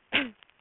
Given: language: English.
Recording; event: throat vibration sensor signal played as sound; cough